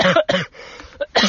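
A quick run of about four short, forceful coughs from an adult man within just over a second, the third one faint. The bursts are abrupt and voiced, an ordinary isolated coughing fit.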